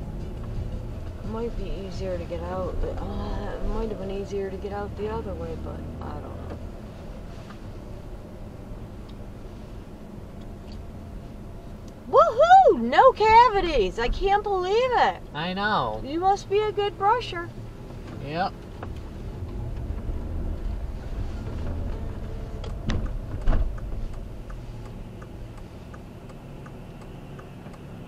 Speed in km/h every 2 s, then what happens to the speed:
8, 11, 18, 21, 23, 21, 19, 19, 16, 10, 13, 16, 8, 0.
0-8 speeds up to 23. 8-14 steady at about 19. 14-17 slows to 10. 17-22 steady at about 13. 22-25 brakes to 0. 25-28 standing.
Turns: 17-20.